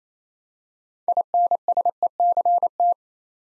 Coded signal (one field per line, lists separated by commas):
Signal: Morse code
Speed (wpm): 28 wpm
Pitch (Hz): 700 Hz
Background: none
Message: INSECT